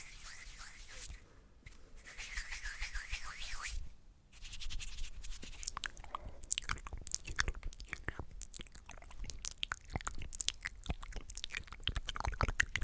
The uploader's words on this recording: ASMR THE MOST RELAXING MOUTH SOUNDS EVER.